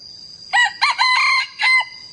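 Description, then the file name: Red junglefowl crow in four bursts, two brief harsh notes, a longer drawn-out middle, then a short clipped ending, with a steady high whine in the background throughout. Young male red junglefowl, crowing. "ไก่ป่าหนุ่มขัน"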